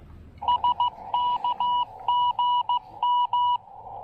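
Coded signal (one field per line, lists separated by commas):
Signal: Morse code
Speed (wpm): 15 wpm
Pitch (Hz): 980 Hz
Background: none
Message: SK GM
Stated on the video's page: Live CW POTA park activation in heavy rain, QRP.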